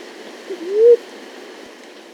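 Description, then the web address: Maroon-chested ground dove giving a single soft, rising hooted coo, preceded by a brief faint note, over quiet background hiss. Ecuador. "Birds of Ecuador. Maroon-Chested Ground Dove"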